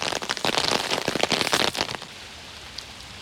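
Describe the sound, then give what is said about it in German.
Dense, splashy bubbling of the Lennefe river in a park for about two seconds, full of quick crackling spatters, then settling into a softer steady wash of flowing water. No one speaks. “Wir sind gerade im Park an der Lennefe und die hat jetzt wieder das Wasser, was sie normalerweise immer hat. Es gurgelt schön vor sich hin.”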